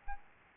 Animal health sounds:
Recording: mosquito wingbeat signal from an infrared sensor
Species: Aedes albopictus

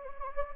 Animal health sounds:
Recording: mosquito wingbeat signal from an infrared sensor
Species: Anopheles gambiae

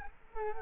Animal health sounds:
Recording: mosquito wingbeat signal from an infrared sensor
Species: Culex quinquefasciatus

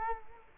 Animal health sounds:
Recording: mosquito wingbeat signal from an infrared sensor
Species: Culex quinquefasciatus

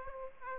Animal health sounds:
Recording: mosquito wingbeat signal from an infrared sensor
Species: Aedes aegypti

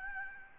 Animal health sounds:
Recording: mosquito wingbeat signal from an infrared sensor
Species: Aedes albopictus

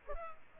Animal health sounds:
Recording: mosquito wingbeat signal from an infrared sensor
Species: Culex pipiens

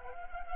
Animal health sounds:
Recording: mosquito wingbeat signal from an infrared sensor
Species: Culex pipiens

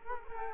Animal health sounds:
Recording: mosquito wingbeat signal from an infrared sensor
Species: Culex quinquefasciatus

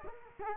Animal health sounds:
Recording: mosquito wingbeat signal from an infrared sensor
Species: Culex quinquefasciatus

